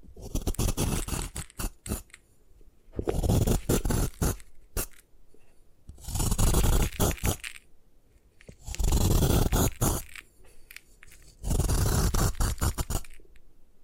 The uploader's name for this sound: Destroy Gym Chalk